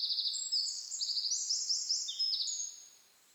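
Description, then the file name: Eurasian wren song, a vigorous high-pitched jumble of fast trills and sharp notes that runs for nearly three seconds before stopping. "Troglodytes troglodytes"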